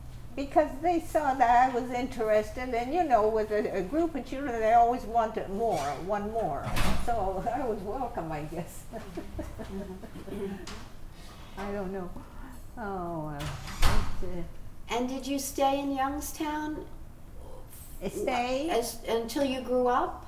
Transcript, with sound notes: because they saw that I was interested, and you know, with a group of children, they always want more, one more. So I was welcome, I guess. [Laughs]
And did you stay in Youngstown?
Stay?
Until you grew up?